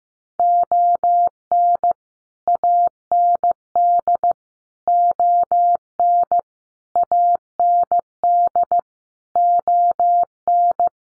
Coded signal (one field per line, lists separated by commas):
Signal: Morse code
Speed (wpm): 15 wpm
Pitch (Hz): 700 Hz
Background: none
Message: ON AND ON AND ON